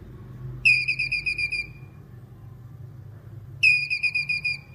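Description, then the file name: Squirrel calling: two bursts of rapid, high, ringing chips, about eight per burst, each ending in a drawn-out note, roughly three seconds apart over a low hum. Male squirrel calling. "Tieng soc duc keu"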